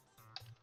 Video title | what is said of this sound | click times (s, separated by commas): JonnyBuilds...R2 D2!!! Episode 37! 8 PM EST August 16th, 2022! | and it locks in place | 0.4 s